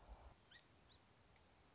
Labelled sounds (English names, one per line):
Song Sparrow